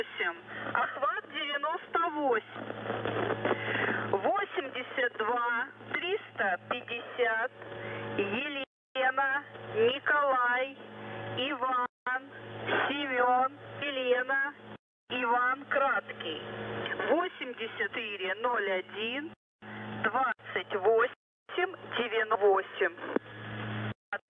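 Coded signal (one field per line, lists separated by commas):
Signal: coded military voice message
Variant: Russian, 'The Goose'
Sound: male Russian voice reading callsigns, numbers and phonetic-alphabet names over radio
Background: radio static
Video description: 00:00 - Воздух Охват98 82350 ЕНИСЕЙ 8401 2898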